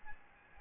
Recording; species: mosquito wingbeat signal from an infrared sensor; Aedes albopictus